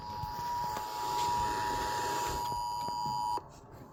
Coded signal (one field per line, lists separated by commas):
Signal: Emergency Alert System (SAME) tones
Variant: 853 and 960 Hz attention tone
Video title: EAS ( #746 - #756 ) @NorthCountySanDiegoEAS San deigo is at it again alerts from 11/4/25 - 11/5/25